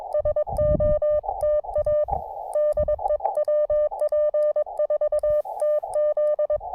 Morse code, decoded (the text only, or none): SOTA DE WP4TZ